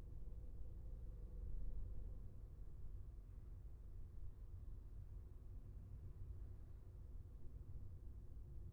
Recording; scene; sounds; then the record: everyday scene through a hearing-aid microphone; in a vehicle; engine, traffic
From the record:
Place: Skoda Fabia, gasoline engine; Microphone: behind the ear, left, rear